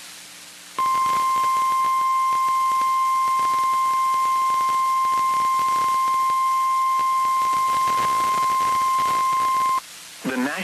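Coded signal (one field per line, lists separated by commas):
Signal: Emergency Alert System (SAME) tones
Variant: 1050 Hz attention tone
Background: speech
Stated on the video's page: Severe Thunderstorm Warning from NOAA Weather Radio station WXK35, Waco, Texas.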